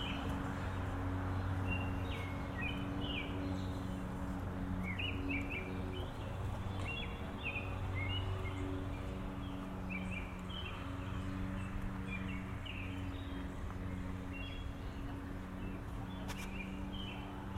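A walk through the suburbs of lower Westchester County, carried by a steady low hum and rumble that never lets up, like engines running nearby. Birds chirp in short, bright bursts scattered throughout, while the overall level stays even.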